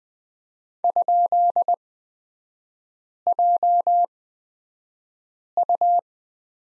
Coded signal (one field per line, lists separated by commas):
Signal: Morse code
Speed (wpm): 20 wpm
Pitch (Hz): 700 Hz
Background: none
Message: ?JU